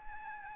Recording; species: mosquito wingbeat signal from an infrared sensor; Aedes albopictus